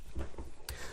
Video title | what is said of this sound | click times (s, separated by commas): Iron Man Fanhome Parts 91 92 93 & 94, Abdomen, Chest & Body Complete | which simply snaps into place like so. | 0.7 s